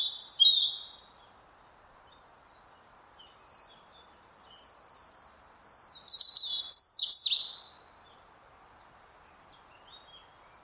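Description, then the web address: European robin song: a high, tinkling opening phrase, then several seconds of soft, thin twittering, then another bright, varied warbled phrase with sharp downward slides. "Deverinetal 2025 File origin Bird Only Er Ru"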